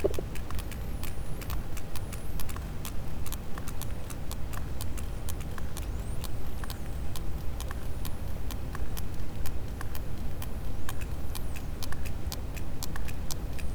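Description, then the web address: Sperm whale clicking: a dense run of crisp, sharp clicks over a steady low-pitched rumble of background noise. Positive detection. "Physeter Macrocephalus clean cachalot positif"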